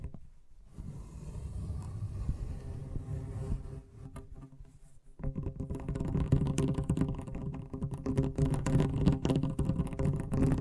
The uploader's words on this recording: ASMR Braingasm Inducing Fast Tapping (No Talking).